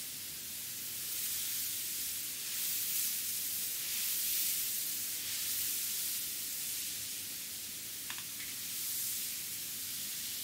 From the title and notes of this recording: ASMR Head & Scalp Massage.